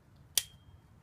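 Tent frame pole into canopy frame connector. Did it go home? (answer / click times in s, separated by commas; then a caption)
yes / 0.4 s. A tent frame pole is slid into its connector at the top of the canopy frame and twisted so it locks. A single sharp snap is heard at 0.4 s, followed by a faint high ringing tone that fades over the next half-second. The pole is locked in place.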